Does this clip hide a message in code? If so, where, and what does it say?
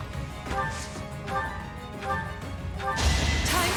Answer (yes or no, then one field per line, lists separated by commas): no